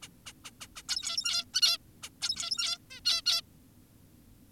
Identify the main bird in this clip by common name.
Zebra Finch